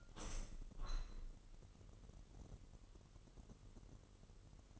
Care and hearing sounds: daily activity, microphone in the room; open window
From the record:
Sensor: 4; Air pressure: 998.9 hPa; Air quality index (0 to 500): 129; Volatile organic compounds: 2 ppm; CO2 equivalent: 1266 ppm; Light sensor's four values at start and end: 8/19/7/8 and 8/19/7/8

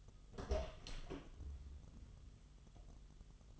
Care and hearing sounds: daily activity, microphone in the room; open door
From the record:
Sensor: 4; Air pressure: 1005.8 hPa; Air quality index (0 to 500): 80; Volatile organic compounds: 2 ppm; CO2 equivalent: 980 ppm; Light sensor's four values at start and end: 13/31/12/11 and 13/30/12/11

